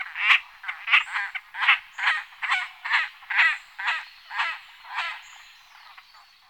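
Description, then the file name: Great crested grebe giving loud, harsh, croaking calls in a rhythmic series of about two per second. The calls gradually fade toward the end. "Potapka rohac Podiceps cristatus"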